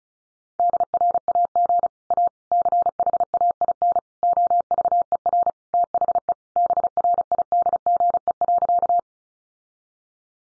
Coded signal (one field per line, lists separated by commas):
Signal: Morse code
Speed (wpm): 34 wpm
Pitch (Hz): 700 Hz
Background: none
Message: DRAG A CHAIN OVER THE BRIDGE.